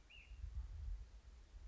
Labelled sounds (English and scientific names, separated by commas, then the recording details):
Ash-throated Flycatcher (Myiarchus cinerascens)
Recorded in Sonoma County, California